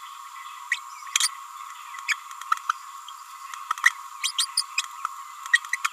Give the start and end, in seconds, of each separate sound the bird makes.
0.71-0.79, 1.20-1.28, 2.08-2.14, 3.83-3.90, 4.23-4.32, 4.38-4.46, 4.57-4.63, 5.52-5.59, 5.72-5.77